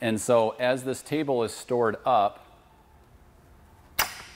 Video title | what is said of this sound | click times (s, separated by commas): LichtsinnRV.com - Monthly Interactive Webcast on the Winnebago Revel | then stays and locks in place | 4.0 s